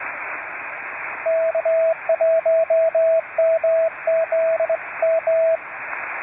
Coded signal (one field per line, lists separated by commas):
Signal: Morse code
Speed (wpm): 21 wpm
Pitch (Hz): 630 Hz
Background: radio noise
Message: K1MZM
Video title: One-Tenth of a Watt…and It Still Works! Morse Code and QRPp POTA at Fort Dobbs State Historic Site!